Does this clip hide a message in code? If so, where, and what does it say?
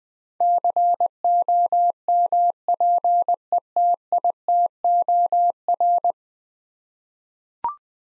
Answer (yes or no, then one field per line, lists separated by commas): yes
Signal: Morse code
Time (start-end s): 0.4-6.1 s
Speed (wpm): 20 wpm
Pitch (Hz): 700 Hz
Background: none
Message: COMPETITOR